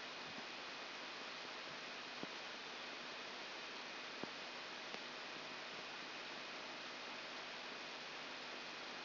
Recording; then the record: brain microelectrode recording played as sound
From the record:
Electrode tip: outside the subthalamic nucleus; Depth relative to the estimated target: -8 mm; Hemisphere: left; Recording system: AlphaMap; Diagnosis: Parkinson's disease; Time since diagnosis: 24 years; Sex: female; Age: 57 years